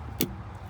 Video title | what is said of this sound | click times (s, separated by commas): Alfa Romeo Stelvio battery post clean, clear codes now! | hear that snap now she's locked in okay nice and tight everything's good | 0.2 s